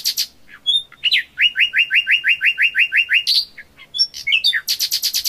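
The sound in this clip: Common nightingale song: a few sharp high notes, then a fast run of about a dozen identical downslurred notes, followed by whistles and a rapid buzzy high-pitched rattle.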